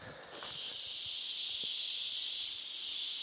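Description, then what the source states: Cicada song: a steady, high, hissing drone that swells slightly. Loud cicadas in the Costa Rican jungle, Central America.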